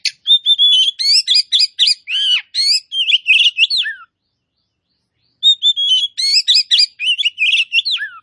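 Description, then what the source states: Oriental magpie-robin song: a dense four-second burst of mixed whistles, trills and chirps ending in a falling note, a silence of over a second, then a similar phrase. Kacer poci type of magpie-robin, singing in gacor style, meaning vigorous and continuous song.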